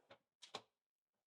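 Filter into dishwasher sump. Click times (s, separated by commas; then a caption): 0.4 s, 0.5 s. A cleaned dishwasher filter is set back into the dishwasher sump and twisted, since it only turns one way, until it locks. A soft scrape at about 0.1 s leads into two sharp clicks at 0.4 s and 0.6 s, followed by near silence. The filter is locked in and secure.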